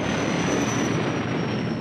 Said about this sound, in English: Meanwhile, the Millennium Falcon comes out of hyperspace near the coordinates where Alderaan once existed.